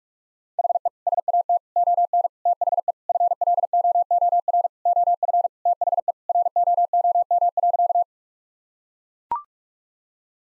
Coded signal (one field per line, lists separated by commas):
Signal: Morse code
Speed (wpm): 42 wpm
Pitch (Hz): 700 Hz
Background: none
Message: HE SAT ON THE FLOOR OF THE ROOM.